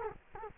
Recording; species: mosquito wingbeat signal from an infrared sensor; Culex quinquefasciatus